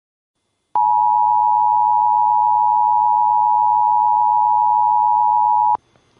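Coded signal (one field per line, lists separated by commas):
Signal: Emergency Alert System (SAME) tones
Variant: 853 and 960 Hz attention tone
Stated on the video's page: Mock reenactment of recurring state police practice/demo alerts through the state Emergency Alert System.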